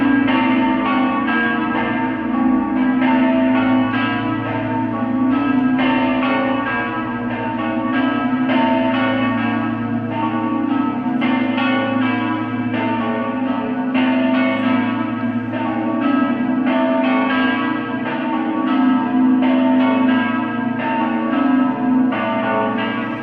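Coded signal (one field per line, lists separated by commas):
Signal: bell signal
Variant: Friulian battiore and dopli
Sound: several large church bells ringing continuously in overlapping rhythmic peals with deep hum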